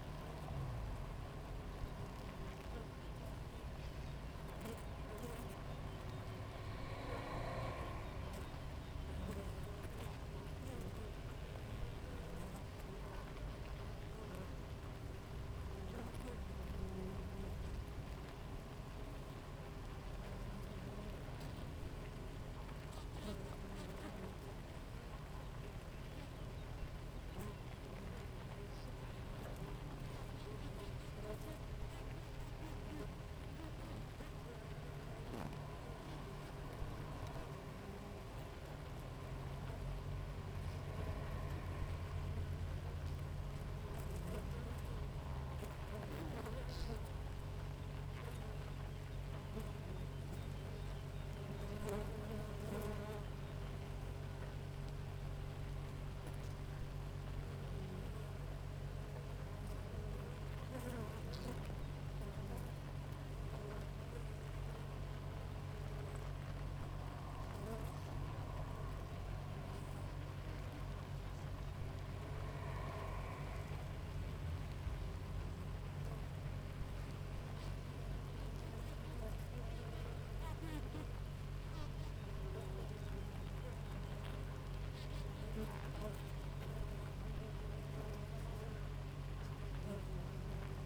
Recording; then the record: honeybee colony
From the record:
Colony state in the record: active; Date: 28 July 2017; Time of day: 6:14